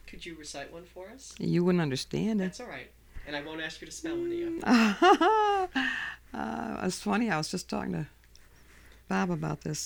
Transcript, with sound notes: Could you recite one for us?
You wouldn't understand it.
That's all right. And I won't ask you to spell it.
( she laughs ) It's funny, I was just talking to Bob about this.